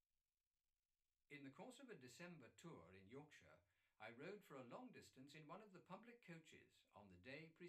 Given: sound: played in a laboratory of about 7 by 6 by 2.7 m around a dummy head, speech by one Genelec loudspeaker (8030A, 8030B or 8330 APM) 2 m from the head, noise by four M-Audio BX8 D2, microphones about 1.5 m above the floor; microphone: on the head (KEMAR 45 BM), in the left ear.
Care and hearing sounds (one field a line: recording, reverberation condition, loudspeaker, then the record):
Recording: male speech in English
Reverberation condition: low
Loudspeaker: 150 degrees to the left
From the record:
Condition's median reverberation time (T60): about 310 ms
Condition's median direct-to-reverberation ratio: about 3.5 dB